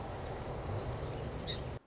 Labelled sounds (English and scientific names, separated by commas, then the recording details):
Song Sparrow (Melospiza melodia)
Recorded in Sonoma County, California